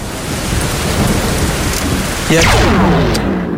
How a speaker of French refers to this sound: Bon, là, il y a de l'orage. Hop, là, il y a toujours de l'orage. On est en voiture, on est bien là.